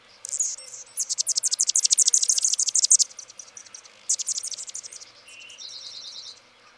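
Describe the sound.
Anna's hummingbird song: a fast series of sharp, grating high notes, a pause, another scratchy burst, then a short tone and a rapid string of ticks.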